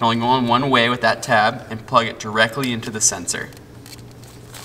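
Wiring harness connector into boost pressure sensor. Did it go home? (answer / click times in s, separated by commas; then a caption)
no / none. Someone talks while the male end connector of a RaceChip tuning-module wiring harness is lined up by its locking tab and pushed onto the plastic turbo boost pressure sensor connector of an Infiniti Q50 3.0T. After the talking stops, two faint, brief handling sounds occur at about 3.9 s and 4.1 s. Nothing has seated or clicked yet.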